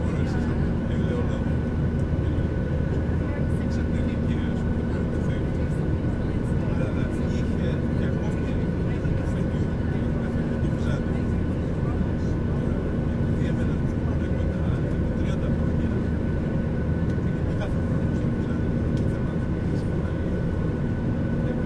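Airliner cabin noise on a flight from Stansted to Skiathos: a steady, dense low roar with a constant hum and faint tonal whines that stays level throughout. Muffled voices surface now and then beneath it, with small clicks and knocks scattered across the clip.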